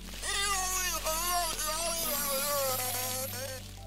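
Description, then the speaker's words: Beluga whale producing mumbled, voice-like sounds with gliding harmonic tones, resembling an unclear human conversation, over a steady low hum. Noc, a captive beluga in a San Diego pool, imitating mumbled human conversation, making sounds much lower than usual by contracting his nostril muscles differently. "Lorsqu'ils se sont aperçus que c'était Nock lui-même qui les produisait, tout le monde est tombé à la renverse."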